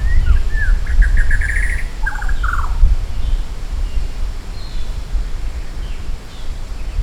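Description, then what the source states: Maratua shama giving a quick series of clear whistled notes followed by a brief warbled phrase, then quieter faint notes, against heavy low background rumble. From Maratua.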